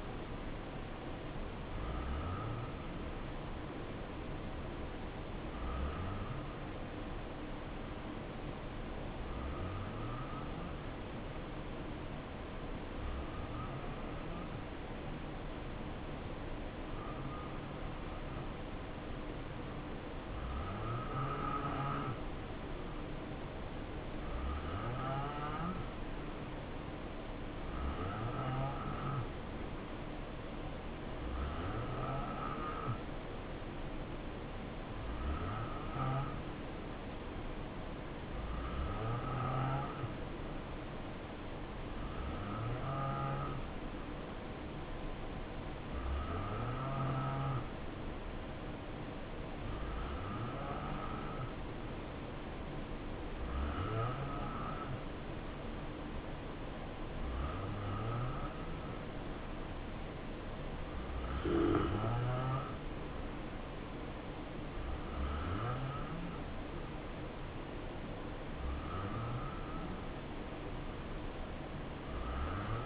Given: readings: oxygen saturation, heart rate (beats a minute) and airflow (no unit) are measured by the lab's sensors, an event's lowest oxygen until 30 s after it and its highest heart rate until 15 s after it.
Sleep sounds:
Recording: breathing in sleep by a voice recorder at the bedside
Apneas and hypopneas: 1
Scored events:
4.00-67.60 s: hypopnea (N2, oxygen 91% highest, then 87% lowest, heart rate 63 at the start, 69 highest)
From the record:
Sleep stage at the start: N2 (light sleep)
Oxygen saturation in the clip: 87 to 91%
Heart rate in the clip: 63 to 68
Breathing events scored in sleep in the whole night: 277 in 7.4 hours asleep

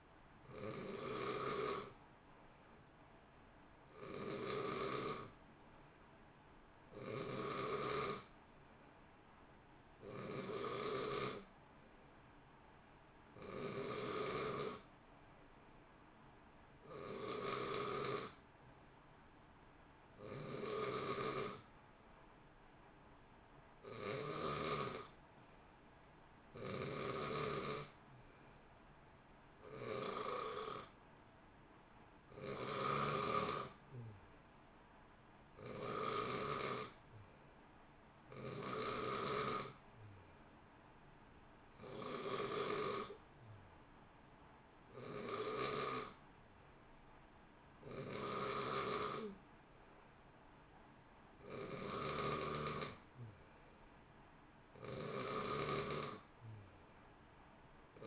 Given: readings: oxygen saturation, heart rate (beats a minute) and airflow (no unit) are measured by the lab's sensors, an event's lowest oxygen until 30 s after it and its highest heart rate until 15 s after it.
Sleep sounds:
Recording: breathing in sleep by a voice recorder at the bedside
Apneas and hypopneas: none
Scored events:
none scored
From the record:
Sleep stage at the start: N2 (light sleep)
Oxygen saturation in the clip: 89 to 91%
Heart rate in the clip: 58 to 66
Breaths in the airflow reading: 18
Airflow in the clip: -0.7 to 0.7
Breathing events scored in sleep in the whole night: 328 in 6.3 hours asleep

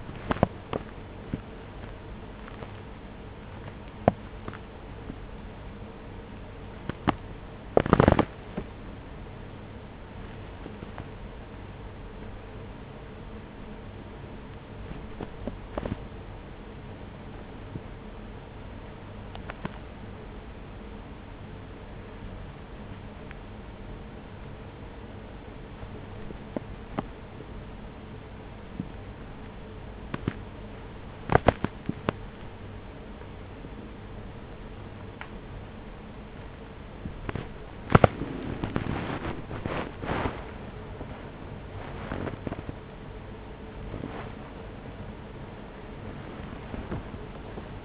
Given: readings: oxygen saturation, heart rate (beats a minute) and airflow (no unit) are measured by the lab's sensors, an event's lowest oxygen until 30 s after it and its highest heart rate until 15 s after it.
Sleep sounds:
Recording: a person awake in a sleep study, by a voice recorder at the bedside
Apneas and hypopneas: none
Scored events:
0.00-47.85 s: awake
0.00-47.85 s: awake
From the record:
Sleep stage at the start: awake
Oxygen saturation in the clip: 96 to 98%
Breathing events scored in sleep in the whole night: 210 in 6.9 hours asleep

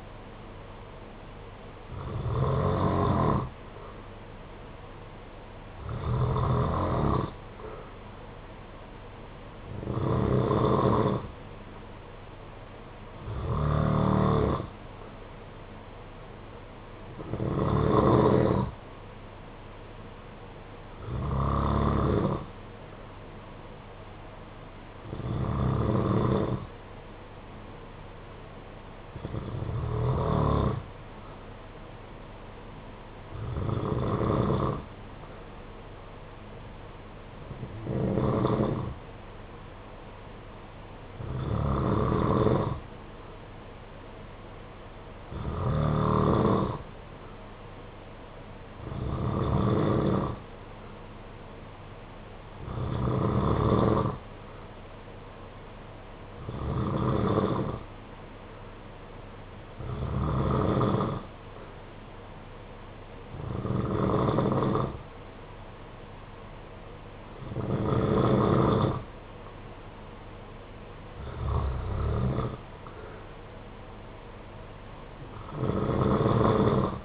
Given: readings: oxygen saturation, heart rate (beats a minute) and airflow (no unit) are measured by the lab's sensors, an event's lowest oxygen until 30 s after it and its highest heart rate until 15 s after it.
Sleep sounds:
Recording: breathing in sleep by a voice recorder at the bedside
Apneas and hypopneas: none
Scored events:
none scored
From the record:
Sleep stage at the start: N2 (light sleep)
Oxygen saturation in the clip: 91 to 93%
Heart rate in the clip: 50 to 56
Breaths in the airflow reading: 20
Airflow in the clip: -7.2 to 5.9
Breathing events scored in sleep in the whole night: 476 in 9.7 hours asleep

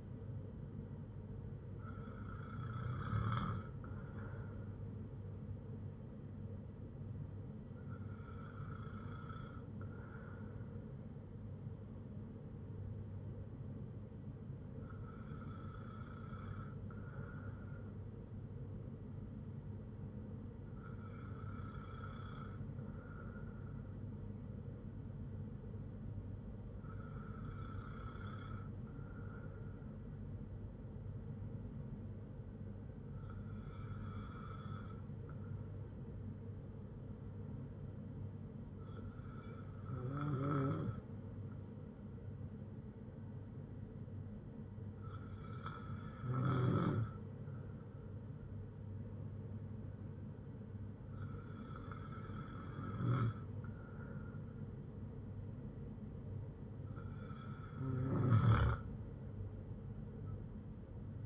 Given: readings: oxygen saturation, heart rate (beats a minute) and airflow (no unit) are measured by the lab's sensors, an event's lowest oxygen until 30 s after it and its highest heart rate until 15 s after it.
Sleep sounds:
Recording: breathing in sleep by a smartphone at the bedside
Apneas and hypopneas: none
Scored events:
none scored
From the record:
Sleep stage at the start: N2 (light sleep)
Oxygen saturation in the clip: 94 to 95%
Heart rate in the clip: 56 to 60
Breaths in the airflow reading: 10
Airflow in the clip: -5.3 to 5.3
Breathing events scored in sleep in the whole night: 182 in 7.4 hours asleep

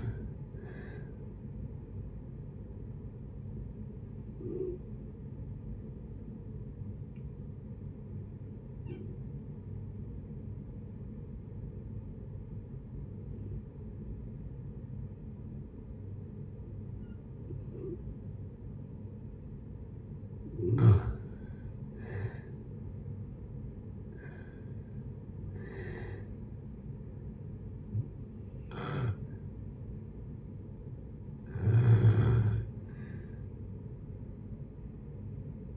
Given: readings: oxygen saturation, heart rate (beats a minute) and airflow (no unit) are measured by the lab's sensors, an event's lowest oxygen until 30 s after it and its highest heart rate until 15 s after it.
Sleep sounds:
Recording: breathing in sleep by a smartphone at the bedside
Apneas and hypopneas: 1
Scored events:
4.00-22.50 s: hypopnea (N1, oxygen 95% highest, then 83% lowest, heart rate 69 at the start, 74 highest)
From the record:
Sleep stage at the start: N1 (lightest sleep)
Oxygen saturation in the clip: 83 to 95%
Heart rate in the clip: 65 to 74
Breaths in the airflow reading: 7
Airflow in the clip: -7.6 to 6.8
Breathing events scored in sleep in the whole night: 496 in 5.4 hours asleep

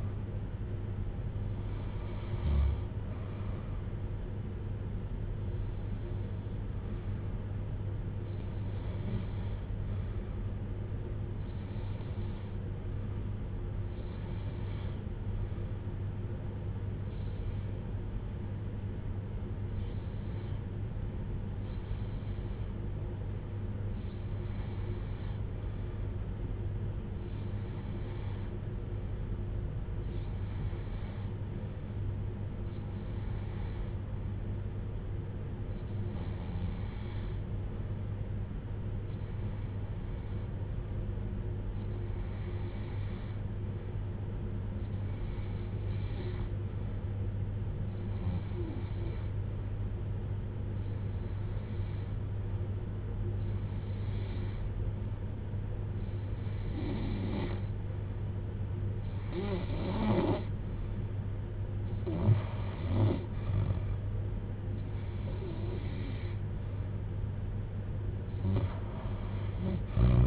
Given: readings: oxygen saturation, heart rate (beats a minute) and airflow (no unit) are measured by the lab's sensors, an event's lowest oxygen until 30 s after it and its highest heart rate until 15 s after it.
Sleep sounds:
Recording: breathing in sleep by a smartphone at the bedside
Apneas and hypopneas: 1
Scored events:
18.00-59.10 s: hypopnea (REM, oxygen 96% highest, then 86% lowest, heart rate 64 at the start, 64 highest)
From the record:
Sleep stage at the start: REM sleep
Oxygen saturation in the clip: 88 to 96%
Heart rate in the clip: 56 to 73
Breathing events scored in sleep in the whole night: 310 in 8.1 hours asleep

